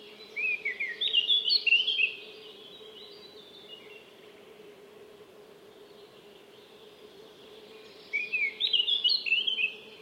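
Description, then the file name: Eurasian blackcap song, two short warbled phrases of quick chattering and fluty notes separated by several seconds of quiet, with a low background hum throughout. "Sylvia atricapilla"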